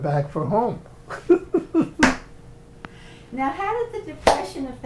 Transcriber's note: laughs